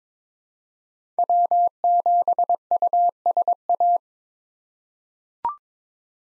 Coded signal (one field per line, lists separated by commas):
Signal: Morse code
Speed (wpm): 21 wpm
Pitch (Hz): 700 Hz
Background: none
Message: W7USA